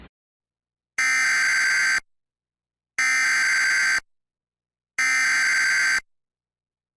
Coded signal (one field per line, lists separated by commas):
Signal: Emergency Alert System (SAME) tones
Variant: header bursts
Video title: Required Monthly Test & Severe Thunderstorm Warnings on TV! (EAS #687 - 696)